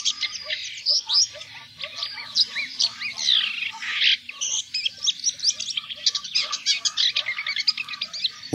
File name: Gąsiorek